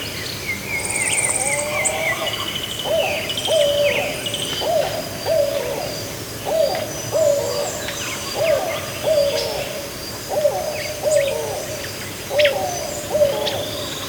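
Bird calling, a hooting note repeated many times, with faint higher chirps and a steady background hiss.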